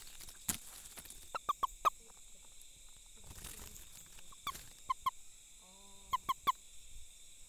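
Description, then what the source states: Frog calls, quick runs of two to four sharp clicking notes repeated a few seconds apart, over a steady high background hum, with a brief harmonic note. Recorded 2 November 2018, between 18:00 and 20:00 in the evening.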